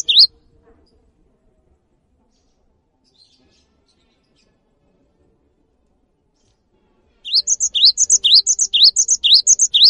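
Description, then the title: Cinereous tit: a brief whistle at the start, then long quiet, then a fast series of ringing two-part whistled phrases during the last few seconds. Cinereous tit in active, frequent song; its long 'wucit' calls provoke other tits to join in and sing along. "GELATIK BATU GACOR WUCIT PANJANGNYA BIKIN GELATIK LAIN JADI TERPANCING UNTUK IKUT BUNYI"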